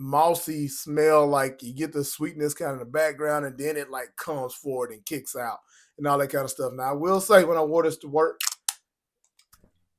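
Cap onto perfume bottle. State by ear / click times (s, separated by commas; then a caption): seated / 8.7 s. Someone talks for about eight seconds, then a cap is put back onto a perfume bottle and snaps into place with one sharp click at 8.7 s. A few faint ticks follow around 9.2 to 9.5 s, and the cap is seated.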